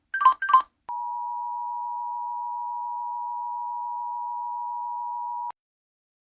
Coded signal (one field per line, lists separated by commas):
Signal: Emergency Alert System (SAME) tones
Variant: 853 and 960 Hz attention tone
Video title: The Syndicate (EAS Scenario)